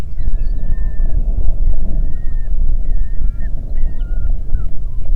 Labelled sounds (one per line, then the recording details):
waterfowl
loon
wind
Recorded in the Prudhoe Bay oil fields, Alaska, on 8 June 2019 at 04:25
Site 30